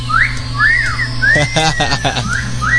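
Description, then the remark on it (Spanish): A person in the production room of the CUCEI FM radio station whistles a string of bright, sliding notes that swoop up and down in a steady, looping pattern, with a short burst of voices breaking in midway. “Que sí, por acá, por favor, un silbido acá en producción, por favor.”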